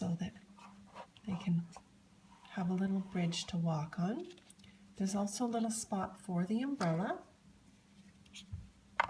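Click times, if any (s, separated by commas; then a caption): 9.0 s. Someone talks while a small plastic toy umbrella piece is pressed into its mounting spot on a tree house playset. A sharp, short click at 9.0 s marks the umbrella popping into its socket, fully seated.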